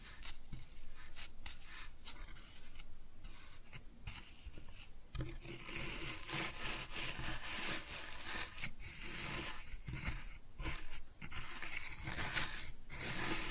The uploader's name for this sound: Kinetic Sand Cutting and Scooping Sounds